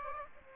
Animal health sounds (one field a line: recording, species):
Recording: mosquito wingbeat signal from an infrared sensor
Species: Aedes aegypti